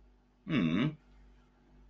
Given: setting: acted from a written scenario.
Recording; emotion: vocal sound without words; adoration